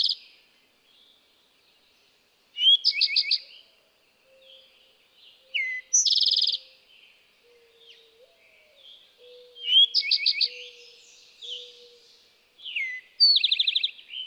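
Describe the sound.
Eastern towhee singing: several bright, rapid trills, each opened by a short note, repeated every few seconds, with soft chirps from other birds between phrases.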